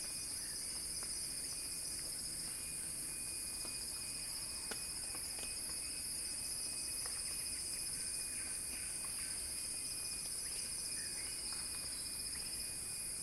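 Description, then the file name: A steady, piercing cicada hum runs without a break, with only faint scattered chirps and a single click in the background. Cicada song described as a crescendo. "Axel-Drioli Cicada-Crescendo-Sounding-Wild"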